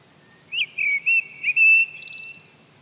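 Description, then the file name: Eurasian blackbird phrase: a few mellow fluted notes sliding into a sustained whistle, capped by a thin rapid high trill. "Turdus merula"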